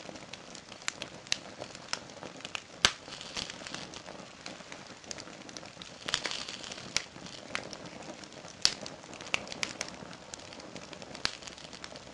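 Flames crackle and pop steadily over a soft, continuous hiss. Sharp bright snaps stand out every second or so, with louder pops near 3, 6, 8.5 and 11 seconds. Its texture resembles light rain on a surface.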